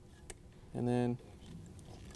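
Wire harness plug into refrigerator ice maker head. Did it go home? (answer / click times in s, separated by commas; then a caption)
yes / 0.3 s. A wiring harness plug, chosen to match the freezer's plug type, is pushed into the socket on a new refrigerator ice maker head from a Whirlpool/KitchenAid/Maytag icemaker kit 4317943. One sharp click at 0.3 s marks the plug locking in place, followed by someone talking briefly and a few faint ticks. The plug is seated.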